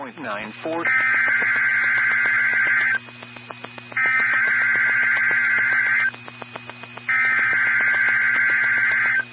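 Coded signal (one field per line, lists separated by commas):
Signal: Emergency Alert System (SAME) tones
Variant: header bursts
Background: speech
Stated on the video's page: Ohio statewide tornado drill received on weather radio stations WWG57, WXJ46 and KIG86.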